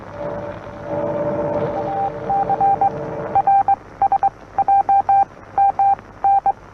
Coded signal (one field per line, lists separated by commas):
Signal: Morse code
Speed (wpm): 22 wpm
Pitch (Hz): 790 Hz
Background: radio noise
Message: A C R S J M N